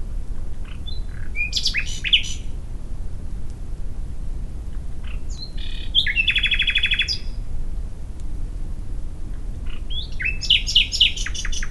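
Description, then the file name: Common nightingale singing varied phrases of chirps and clicks separated by pauses, including a fast rattling trill in the middle; low constant rumble underneath. "Luscinia megarhynchos"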